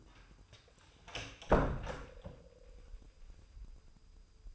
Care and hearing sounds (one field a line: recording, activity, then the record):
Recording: daily activity, microphone in the room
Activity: close door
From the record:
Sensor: 2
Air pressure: 996.0 hPa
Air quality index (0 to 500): 31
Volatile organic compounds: 1 ppm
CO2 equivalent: 574 ppm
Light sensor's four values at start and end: 11/27/11/12 and 11/27/11/12